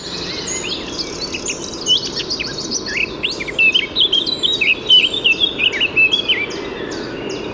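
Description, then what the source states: Eurasian blackcap song: a rapid, varied warble of high chirps and whistles, louder in the second half. Singing very actively during a walk; bird not seen; recorded with a parabolic microphone.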